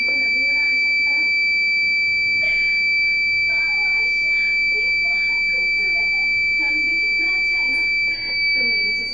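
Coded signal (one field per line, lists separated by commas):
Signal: alarm pattern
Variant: Kent RO water purifier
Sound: continuous high-pitched electronic beep tone throughout while people talk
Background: speech, small room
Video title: Kent RO beep sound problem #waterpurifier chowk reset #water #automobile #electronic #aquaguard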